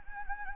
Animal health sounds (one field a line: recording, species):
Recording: mosquito wingbeat signal from an infrared sensor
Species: Anopheles gambiae